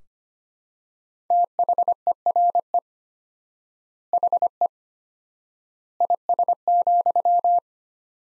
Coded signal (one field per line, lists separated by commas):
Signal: Morse code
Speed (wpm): 25 wpm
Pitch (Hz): 700 Hz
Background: none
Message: THERE HE IS,